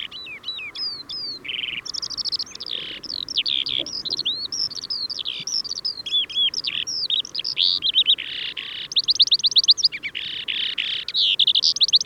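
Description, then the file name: Eurasian skylark singing a continuous, rapid stream of high chirps, trills and buzzy whistled notes, varied and unbroken throughout, over a faint low background hiss. "Eurasian Skylark Alauda arvensis"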